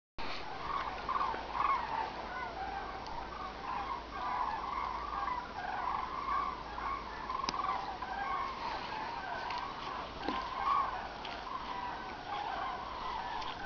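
Cranes giving repeated rolling calls throughout over a steady background hiss.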